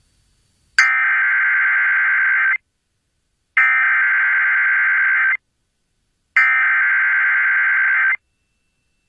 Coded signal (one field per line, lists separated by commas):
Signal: Emergency Alert System (SAME) tones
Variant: header bursts